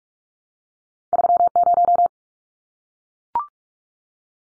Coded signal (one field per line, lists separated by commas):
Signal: Morse code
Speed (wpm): 44 wpm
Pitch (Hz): 700 Hz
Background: none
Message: 30